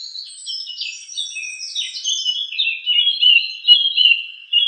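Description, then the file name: Song thrush song made of tangled high warbles and chattering notes that settle into lower repeated whistled phrases. "suara-kicauan-burung-song-thrush 7-omkicau"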